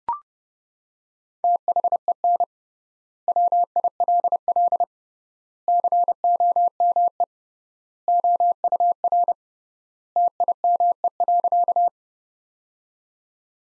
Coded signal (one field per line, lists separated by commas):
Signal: Morse code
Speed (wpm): 30 wpm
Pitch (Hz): 700 Hz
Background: none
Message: THEN WILL COME OUR TIME.